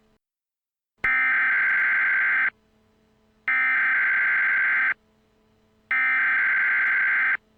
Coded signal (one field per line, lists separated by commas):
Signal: Emergency Alert System (SAME) tones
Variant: header bursts